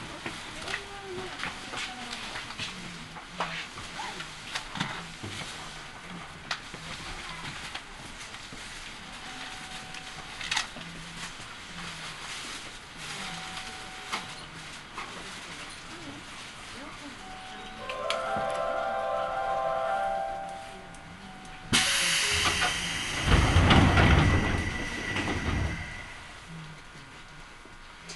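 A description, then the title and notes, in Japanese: A Seibu Railway train journey: a steady low rumble of the train with faint voices murmuring throughout and occasional clicks and knocks. Around 18 seconds a tonal whine rises as the train accelerates, then at about 22 seconds a loud rushing roar swells before easing off. 耳で楽しむ鉄道旅 西武鉄道 本川越→東村山→小川→萩山→青梅街道。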